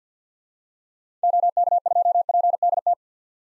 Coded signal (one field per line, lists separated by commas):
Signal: Morse code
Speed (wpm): 50 wpm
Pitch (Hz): 700 Hz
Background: none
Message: OK2PDT